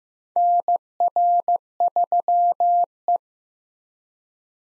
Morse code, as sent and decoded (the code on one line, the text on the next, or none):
-. .-. ...-- .
NR3E